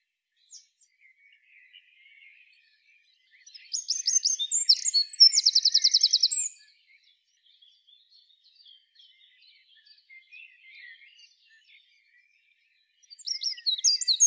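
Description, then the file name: Eurasian wren song: a high, rapid, ringing trill of sharp repeated notes lasting about three seconds, then quiet faint chips and a new burst starting near the end. "Troglodytes troglodytes"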